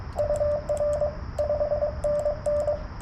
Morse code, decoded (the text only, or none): UR 5NN